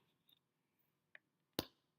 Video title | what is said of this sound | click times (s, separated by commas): Cutting Activity | let's try it one more time you need to hear that click otherwise the glue stick is not closed and it will dry out | 1.6 s